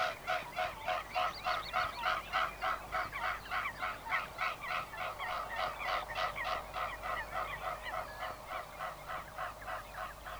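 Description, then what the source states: Mute Swan, rapid rhythmic throbbing of beating wings, loud at first and gradually fading toward the end. Field recording, Sweden.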